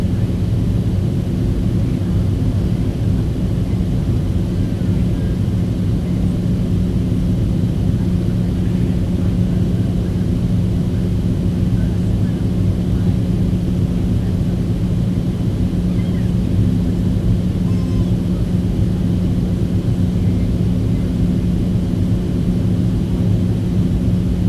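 Engines hum steadily for the whole stretch, a dense, low drone with a few fixed tones riding on top and no change in loudness. Faint higher whines and small flickers drift through above the rumble, but nothing breaks the continuous roar.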